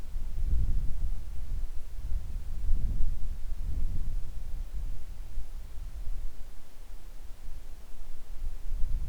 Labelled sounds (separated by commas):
wind